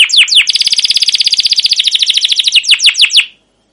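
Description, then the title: Canary song: a few downslurred chirps, a fast rolling trill, then spaced chirps before silence. Canary song used as a lure (pancingan) to train other canaries to sing; described as gacor, long rolls with cuit cuit notes. "CUIT CUIT NGEROL LANGSUNG GACOR PANJANG Kenari Ini AMPUH Utk Pancingan KENAR. Masteran Suara Burung Kenari Gacor Panjang cuit cuit Ngerol untuk Pancingan Kenari!"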